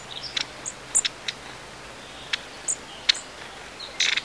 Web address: Bird Song Site Tit, Long-tailed - Mesange (longue queue )